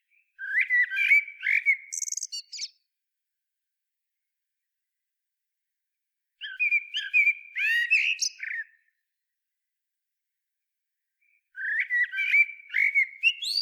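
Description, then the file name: Eurasian blackbird song in three phrases several seconds apart, each of mellow low whistles followed by scratchy high twittering notes; silence between phrases. "Turdus merula"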